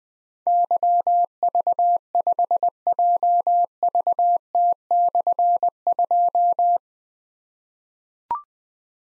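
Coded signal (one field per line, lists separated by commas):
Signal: Morse code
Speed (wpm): 20 wpm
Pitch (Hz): 700 Hz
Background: none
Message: YV5JVT/2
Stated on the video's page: Morse code call sign drill at 20 wpm of difficult slashed call signs for keyboard or pencil copy; each sent, spoken, then sent again.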